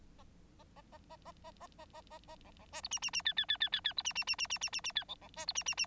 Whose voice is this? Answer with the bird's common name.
Bengalese Finch